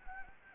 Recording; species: mosquito wingbeat signal from an infrared sensor; Anopheles arabiensis